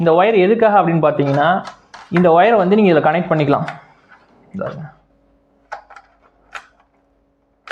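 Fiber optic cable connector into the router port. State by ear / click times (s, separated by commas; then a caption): seated / 7.7 s. Someone talks for the first several seconds, then a fiber optic cable's plastic connector is pushed into the port on the router, with a few small taps and clicks. The loudest sharp click, at 7.7 s, marks the connector locking into the router port.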